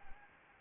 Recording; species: mosquito wingbeat signal from an infrared sensor; Anopheles gambiae